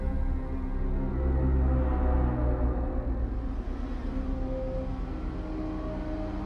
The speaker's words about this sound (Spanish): A lo lejos escuché el zumbido de un motor de coche. La parejita feliz se las había ingeniado para conseguir otro medio de transporte.